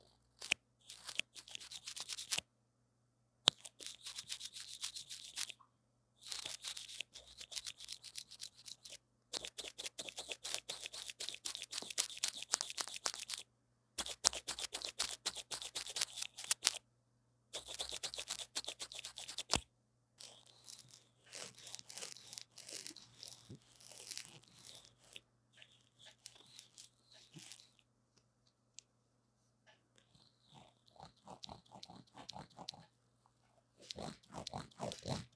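Brushing and tapping on a line mic: bursts of dense, bright scratchy strokes separated by silences, with a steady low hum underneath throughout.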